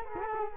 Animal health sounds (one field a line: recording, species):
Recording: mosquito wingbeat signal from an infrared sensor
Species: Culex quinquefasciatus